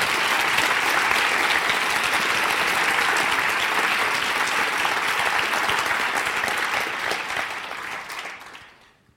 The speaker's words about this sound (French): Et je vous demande de l'applaudir évidemment très fort pour l'accueillir.